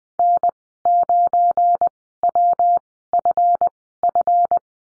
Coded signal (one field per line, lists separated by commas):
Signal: Morse code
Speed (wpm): 20 wpm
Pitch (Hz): 700 Hz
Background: none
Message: N9WFF